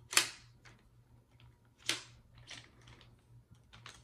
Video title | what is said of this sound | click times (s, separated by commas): One Tigris Folding Chair Review | you can see they just snap into place like this | 0.2 s, 1.9 s